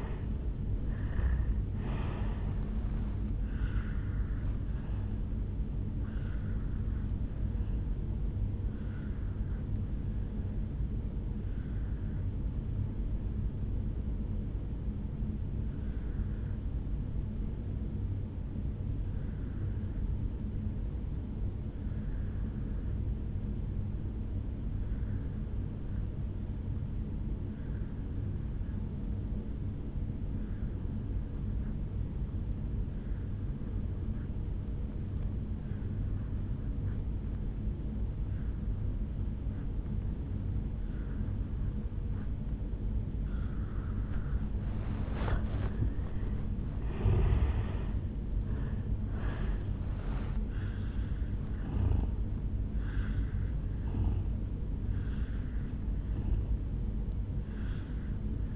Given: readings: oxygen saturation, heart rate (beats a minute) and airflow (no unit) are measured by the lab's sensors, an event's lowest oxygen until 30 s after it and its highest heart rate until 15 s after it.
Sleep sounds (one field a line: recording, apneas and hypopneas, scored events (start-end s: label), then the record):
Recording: breathing in sleep by a smartphone at the bedside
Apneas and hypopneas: 1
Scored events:
11.00-45.20 s: obstructive apnea (N1, oxygen 97% highest, then 83% lowest, heart rate 56 at the start, 76 highest)
28.00-58.56 s: new sleep stage, N2 (light sleep)
From the record:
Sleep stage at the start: N1 (lightest sleep)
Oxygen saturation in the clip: 83 to 97%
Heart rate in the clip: 53 to 76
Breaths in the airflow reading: 5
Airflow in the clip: -12.6 to 5.8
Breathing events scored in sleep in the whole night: 449 in 7.0 hours asleep